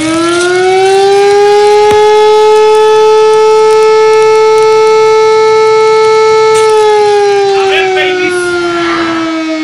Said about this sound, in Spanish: Suena la alarma.